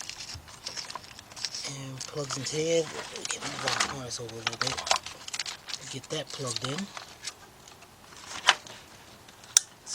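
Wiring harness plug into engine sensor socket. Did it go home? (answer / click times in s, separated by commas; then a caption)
yes / 9.6 s. A plastic wiring harness plug is pushed into its socket on an engine sensor while someone talks, with light handling rustles throughout. At 9.6 s, a loud, sharp click is heard as the connector snaps into place and seats.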